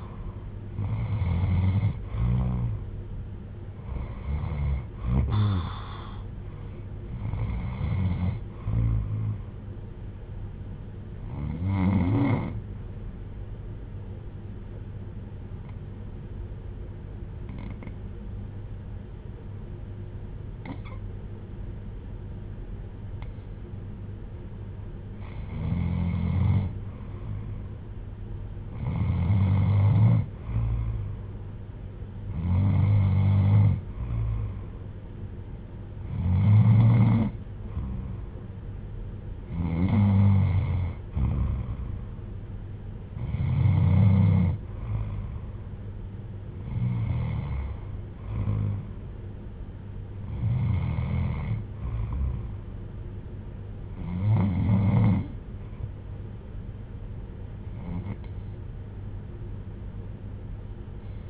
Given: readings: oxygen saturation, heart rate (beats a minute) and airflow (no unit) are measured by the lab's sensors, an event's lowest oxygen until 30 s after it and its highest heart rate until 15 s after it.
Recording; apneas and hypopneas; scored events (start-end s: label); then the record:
breathing in sleep by a smartphone at the bedside; 1
10.00-31.30 s: hypopnea (N1, oxygen 97% highest, then 92% lowest, heart rate 62 at the start, 63 highest)
22.00-61.30 s: new sleep stage, N2 (light sleep)
From the record:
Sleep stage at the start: N1 (lightest sleep); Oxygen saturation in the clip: 84 to 97%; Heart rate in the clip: 59 to 71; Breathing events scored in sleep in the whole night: 310 in 8.1 hours asleep